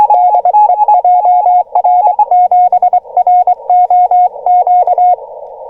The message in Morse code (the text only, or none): DE JR7ROQ